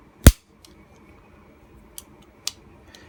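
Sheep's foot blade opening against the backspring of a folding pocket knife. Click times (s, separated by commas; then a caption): 2.5 s. A loud sharp snap sounds near 0.3 s as the marlin spike of a vintage Camillus 697 slip-joint pocket knife is closed, followed by faint ticks. The steel sheep's foot blade is then opened against its worn backspring, giving a small click near 2.0 s and its weak snap open at 2.5 s. The blade only partly snaps: a little of it can be heard, but not much.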